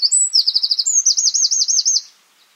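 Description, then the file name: Eurasian wren song fragment: a shrill, rapid trill that rolls evenly for about two seconds, then stops. "Troglodytes troglodytes"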